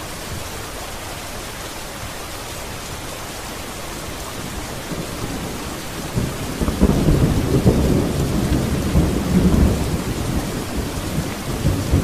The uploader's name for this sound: Rain with Gentle Thunder, Downpour - Osaka, Japan